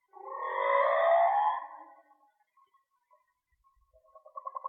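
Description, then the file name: Whale song: a single long, harmonic moan that swells and wavers for nearly two seconds, then fades into faint, scattered tonal traces. Linked to a whale and dolphin watching page; mono. "Whale Song-colin"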